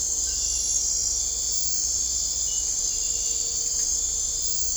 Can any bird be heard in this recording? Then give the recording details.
no. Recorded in dense forest near Puerto Asís, Putumayo, Colombia, on 16 December 2024 at 04:00. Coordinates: 0.499, -76.324. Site G045